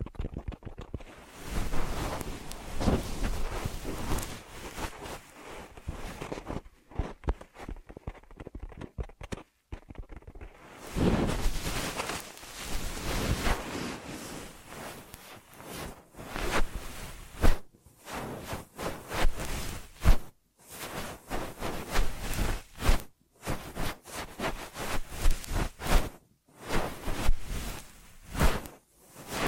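Ear massage triggers: soft rubbing and brushing strokes in uneven bursts, with short silent gaps, mostly full and muffled, brightening after ten seconds.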